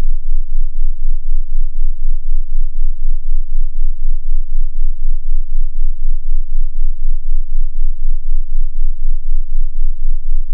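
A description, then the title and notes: A very low sine hum built from 15 Hz and 19 Hz tones sits at the bottom of hearing, more felt than heard. The two beat against each other, so the level swells and dips steadily about four times a second, unchanging for the whole clip. Sound Vibration (15Hz+19Hz Sine wave).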